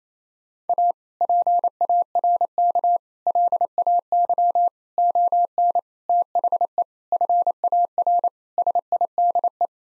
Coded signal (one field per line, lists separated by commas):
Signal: Morse code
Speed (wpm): 27 wpm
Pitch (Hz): 700 Hz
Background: none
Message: A PARK LAY ON THE FAR SIDE